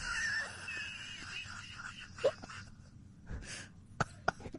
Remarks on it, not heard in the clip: The way her hiccups sound. You can hear her husband in the background getting annoyed with her.